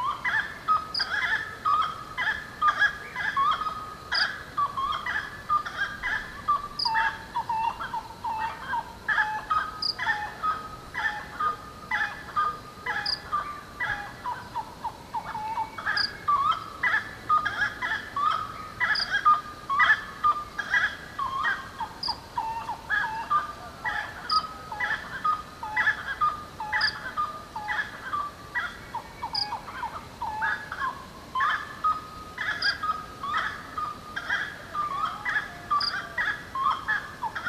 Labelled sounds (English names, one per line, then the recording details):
Gray-cowled Wood-Rail call
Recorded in the wild
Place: Pirenopolis, Goias, BR
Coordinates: -15.8447, -48.9583
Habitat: savannah
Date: 2013-09-10
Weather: 20°C, clear night, weak wind
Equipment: Olympus LS-3, Olympus ME31
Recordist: Frommolt, Karl-Heinz
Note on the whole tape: Hotelanlage Pousada dos Pirineus: Rufe. Tiere nicht gesehen. Noch komplett dunkel